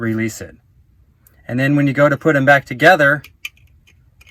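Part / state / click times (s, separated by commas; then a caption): van seat wiring harness connector halves / not seated / none. Someone talks while handling the two halves of a van seat wiring harness connector, which has a sliding purple lock tab, as they are brought back together to be pushed closed. A faint tick is heard near 1.3 seconds and a sharper brief tick near 3.5 seconds during a pause after the talking. Nothing has seated or clicked yet; the clip ends just before the connector halves go home.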